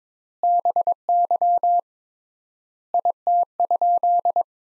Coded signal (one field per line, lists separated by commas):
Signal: Morse code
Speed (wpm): 22 wpm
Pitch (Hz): 700 Hz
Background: none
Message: BY IT?